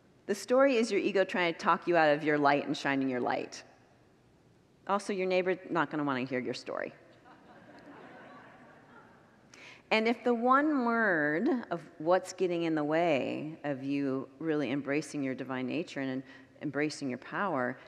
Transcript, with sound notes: The story is your ego trying to talk you out of your light and shining your light. Also, your neighbor’s not going to want to hear your story. [Congregants laugh] And if the one word of what’s getting in the way of you really embracing your divine nature and embracing your power…